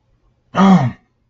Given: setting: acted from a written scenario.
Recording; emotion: vocal sound without words; distress